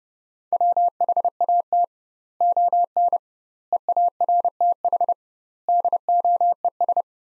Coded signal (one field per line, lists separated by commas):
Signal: Morse code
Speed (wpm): 30 wpm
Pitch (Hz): 700 Hz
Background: none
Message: WHAT ON EARTH DOES